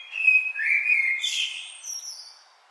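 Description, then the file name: Common blackbird song: a mellow whistled phrase slides downward, then breaks into a high, hissy twitter that fades away. "Turdus merula"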